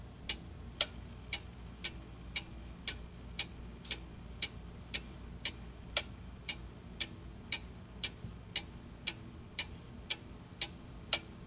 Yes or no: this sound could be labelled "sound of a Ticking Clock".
yes